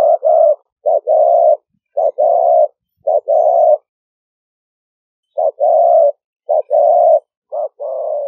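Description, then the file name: Spotted dove cooing in low, hollow phrases of two or three notes, given in bursts with a longer pause midway; otherwise quiet. Call style named '5 hậu' in Vietnamese. "tieng-cu-gay-5-hau"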